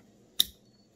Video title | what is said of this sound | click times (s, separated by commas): Curt Wiring Harness Install on 2020 RAV4 Hybrid Average Guy Tries | new harness clicks into place that's what you want | 0.4 s